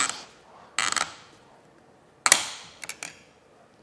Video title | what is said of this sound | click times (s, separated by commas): etrailer - A Closer Look at the Yakima TimberLine Roof Rack on a 2024 Kia Telluride | hear that click you can move on to the next one | 2.3 s